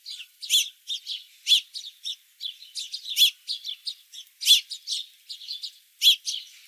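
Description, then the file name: House sparrow giving a steady string of sharp chirps, several notes each second, some louder accented cheeps standing out every one to two seconds. "Passer domesticus"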